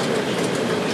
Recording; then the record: background sound without coughing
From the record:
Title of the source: Office Sounds Ambience - Background Noise for Study and Work